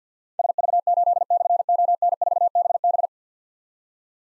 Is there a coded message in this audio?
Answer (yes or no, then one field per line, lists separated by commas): yes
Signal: Morse code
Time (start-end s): 0.4-3.1 s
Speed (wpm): 52 wpm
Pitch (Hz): 700 Hz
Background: none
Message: SV8/ON4BB